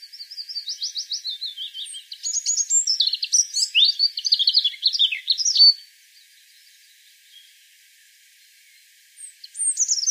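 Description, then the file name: European robin singing a long, varied run of high warbled and trilled notes for about six seconds, a quiet gap, then a fresh phrase starting near the end. "Erithacus rubecula"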